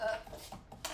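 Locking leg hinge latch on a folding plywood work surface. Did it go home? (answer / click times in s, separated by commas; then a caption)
yes / 0.8 s. Someone talks while raising the legs of a hinged plywood table top, a folding work surface whose locking leg hinge latches hold the legs up. A faint tap at 0.7 s is followed by a sharp snap at 0.85 s as the latch locks into place.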